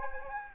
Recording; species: mosquito wingbeat signal from an infrared sensor; Anopheles gambiae